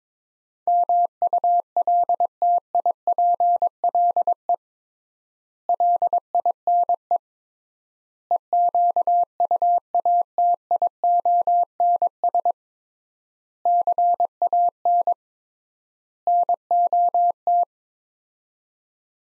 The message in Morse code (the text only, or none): MULTIPLE LINE EQUATIONS CAN NOT